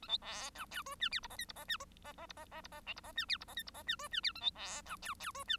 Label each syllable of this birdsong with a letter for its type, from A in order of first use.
A B C D E F G H I J K I J G J J I J J I J L I J G H I J K I J G F G H A B C D E E F G